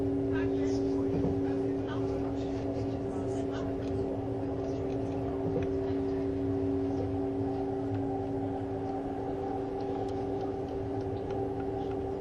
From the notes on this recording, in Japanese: スイスでは主力の車体傾斜車両であるRABDe500形ICN、その本領を発揮するゴッタルド線の列車